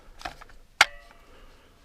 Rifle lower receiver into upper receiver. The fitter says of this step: doesn't really snap in place just hard click